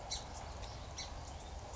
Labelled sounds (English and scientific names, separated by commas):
Song Sparrow (Melospiza melodia)